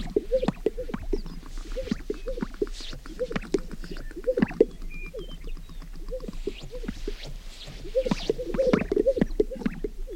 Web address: sagegrousegroup